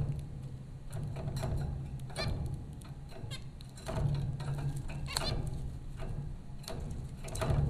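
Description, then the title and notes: Zebra finch calls, repeated nasal beeps and chatter spread throughout, mixed with clicks and a steady low hum. Zebra finches recorded by Dan Bodah at Popcorn School, Flatbush, Brooklyn, New York, in April 2009. "Dronecast: The Popcorn Finches Four from Apr 15, 2009. Zebra finches recorded by Dan Bodah at Popcorn School, Flatbush, Brooklyn NY in April 2009"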